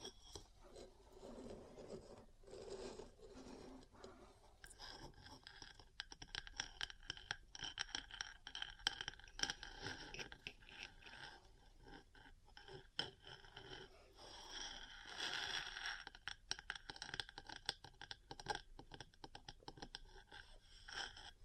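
Metal parts tap and scratch in a dense, irregular stream of clicks and rasping scrapes, lower and softer at first, brighter after five seconds.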